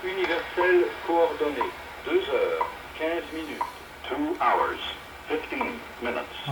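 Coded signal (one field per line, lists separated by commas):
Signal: radio time signal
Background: speech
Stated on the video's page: Heard while tuning shortwave between 2 and 4 MHz.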